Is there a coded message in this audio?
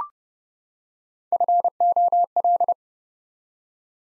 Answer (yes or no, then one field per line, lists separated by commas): yes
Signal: Morse code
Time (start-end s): 1.3-2.7 s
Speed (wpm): 30 wpm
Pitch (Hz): 700 Hz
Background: none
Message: FOL